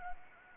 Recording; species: mosquito wingbeat signal from an infrared sensor; Anopheles arabiensis